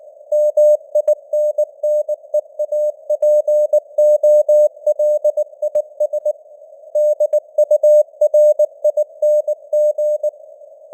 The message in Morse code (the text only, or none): MINNEAPOLIS DURING